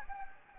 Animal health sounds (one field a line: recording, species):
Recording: mosquito wingbeat signal from an infrared sensor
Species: Anopheles gambiae